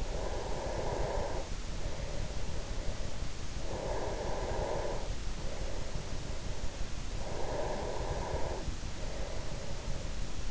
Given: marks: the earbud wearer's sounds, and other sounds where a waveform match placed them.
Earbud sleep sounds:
sounds in sleep by an in-ear microphone; breath
0.00-3.33 s: breath
3.59-7.11 s: breath
7.33-10.51 s: breath

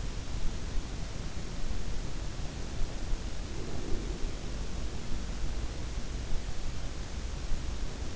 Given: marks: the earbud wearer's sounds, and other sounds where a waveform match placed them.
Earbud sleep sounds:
sounds in sleep by an in-ear microphone; breath
3.12-5.48 s: breath

